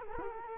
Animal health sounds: mosquito wingbeat signal from an infrared sensor; Culex quinquefasciatus

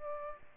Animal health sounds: mosquito wingbeat signal from an infrared sensor; Aedes aegypti

